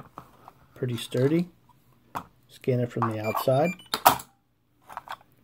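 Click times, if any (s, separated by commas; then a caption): 4.1 s. A key fob is scanned from the outside of a cabinet with a concealed RFID lock, and someone talks. At 4.1 s a sharp click sounds as the lock releases its hook catch and opens. The lock then self-locks, shutting back in on itself.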